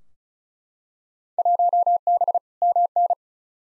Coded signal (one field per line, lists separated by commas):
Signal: Morse code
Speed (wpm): 36 wpm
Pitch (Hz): 700 Hz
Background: none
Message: 1B MN